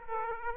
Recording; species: mosquito wingbeat signal from an infrared sensor; Aedes aegypti